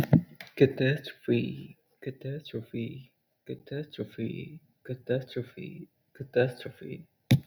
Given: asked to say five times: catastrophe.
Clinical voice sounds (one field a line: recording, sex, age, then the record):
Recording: repeated word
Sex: male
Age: 20 to 29 years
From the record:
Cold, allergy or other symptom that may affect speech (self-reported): no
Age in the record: 23 years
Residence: California, United States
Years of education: 12